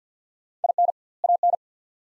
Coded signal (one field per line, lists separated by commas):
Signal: Morse code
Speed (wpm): 45 wpm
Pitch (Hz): 700 Hz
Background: none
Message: IN AN